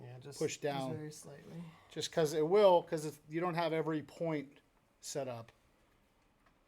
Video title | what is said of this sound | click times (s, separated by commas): HOW TO BUILD A GAMING PC! | um it's it's in it's not clicking | none